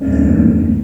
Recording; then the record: squeal of a Yucatan mini pig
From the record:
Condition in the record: after surgery on the right vocal fold (resection and tissue-engineered implant); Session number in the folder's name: 7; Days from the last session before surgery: 47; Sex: female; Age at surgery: 19 weeks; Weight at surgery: 25 kg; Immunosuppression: prednisolone